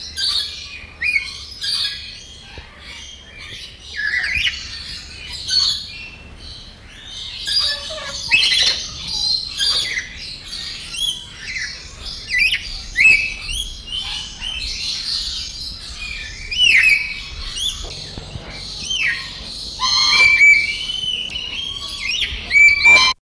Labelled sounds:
Black-capped Lory call

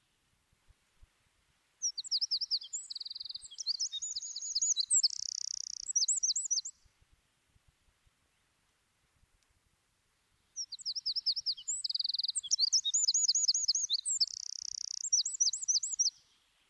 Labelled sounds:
Eurasian Wren song

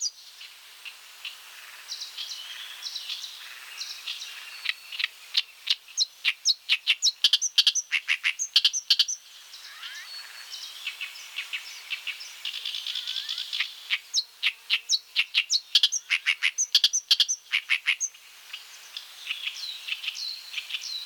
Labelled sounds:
Oriental Reed Warbler song

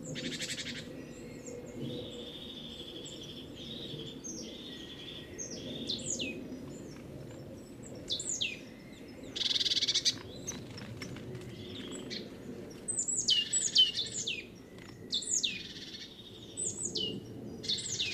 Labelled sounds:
Great Tit call

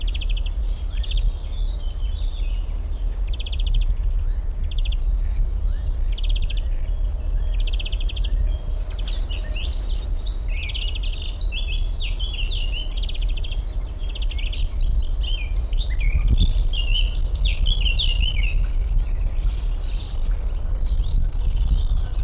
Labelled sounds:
European Greenfinch

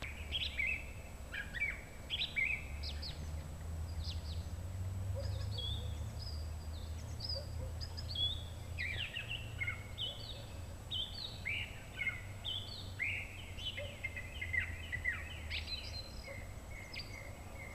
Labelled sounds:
Song Thrush song

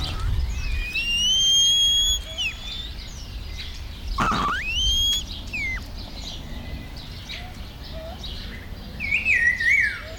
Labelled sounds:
Bare-faced Curassow

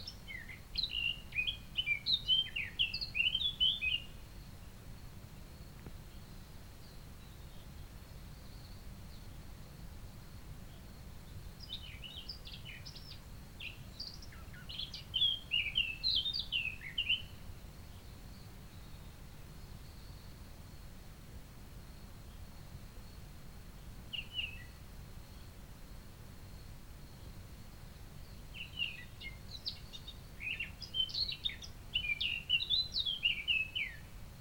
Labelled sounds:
Eurasian Blackcap song

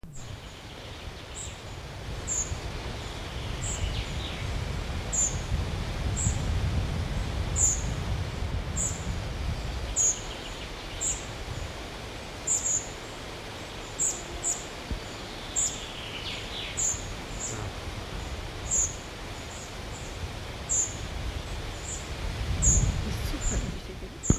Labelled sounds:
Tree Pipit call
Common Chaffinch

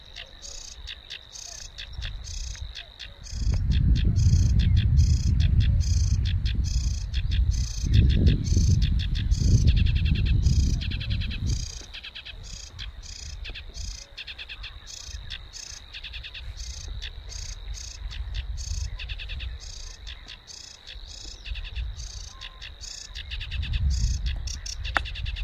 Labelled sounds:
Sedge Warbler song

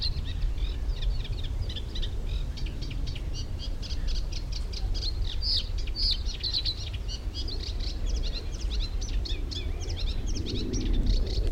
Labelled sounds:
Eurasian Reed Warbler

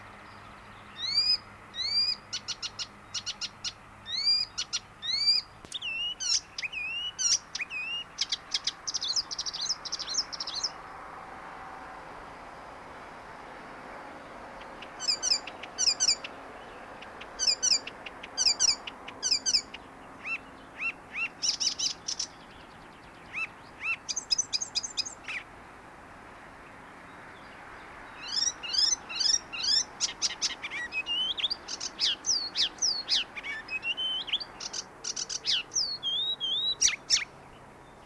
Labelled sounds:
Icterine Warbler

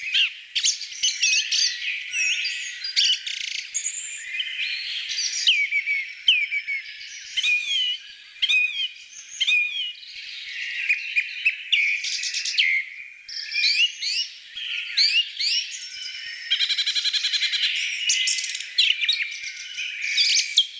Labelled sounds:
Song Thrush song

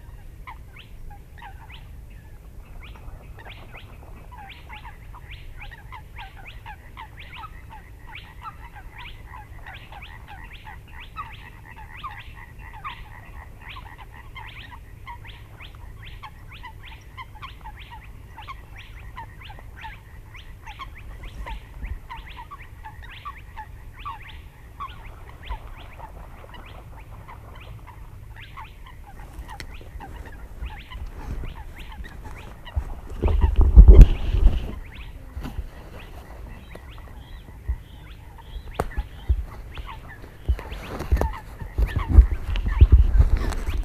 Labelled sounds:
Spotted Crake

